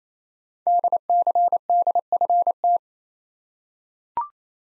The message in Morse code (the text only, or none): DCDFT